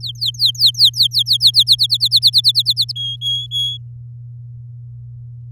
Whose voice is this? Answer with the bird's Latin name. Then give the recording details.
Serinus canaria. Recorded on 10 May 2018 at 05:44. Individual llb16